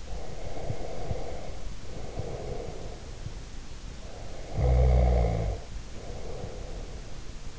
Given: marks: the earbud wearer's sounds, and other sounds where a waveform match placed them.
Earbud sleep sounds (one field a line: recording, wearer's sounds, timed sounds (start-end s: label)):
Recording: sounds in sleep by an in-ear microphone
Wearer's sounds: breath, snoring breath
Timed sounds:
0.00-3.40 s: breath
4.06-7.06 s: snoring breath